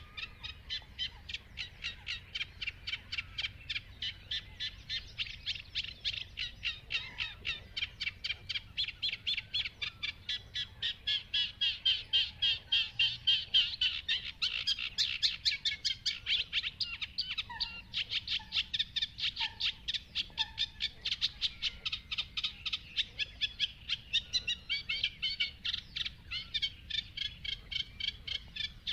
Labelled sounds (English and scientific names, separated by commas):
Eurasian Reed Warbler (Acrocephalus scirpaceus)